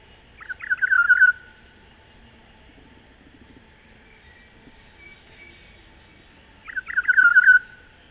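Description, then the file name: Olive-backed oriole singing two short liquid, gurgling phrases about six seconds apart, each a tumbling run ending in a fluty tail, with quiet background between. "Oriolus Sagittatus"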